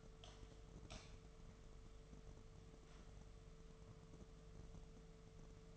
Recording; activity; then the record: daily activity, microphone in the room; light off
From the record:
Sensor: 4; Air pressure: 1015.4 hPa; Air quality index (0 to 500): 170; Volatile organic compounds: 7 ppm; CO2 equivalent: 1972 ppm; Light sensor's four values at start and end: 22/52/22/22 and 21/50/21/21